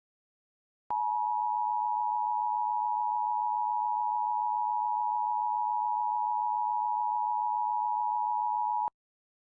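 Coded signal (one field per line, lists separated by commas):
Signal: Emergency Alert System (SAME) tones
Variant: 853 and 960 Hz attention tone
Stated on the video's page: Fictional EAS mock about a tornado warning, not a real alert.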